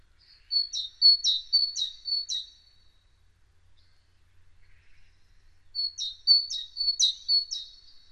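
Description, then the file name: Great tit song in two bursts, each of about five repeated high-low phrases, bright and rhythmic, separated by a quiet gap of roughly three seconds. "Parus major"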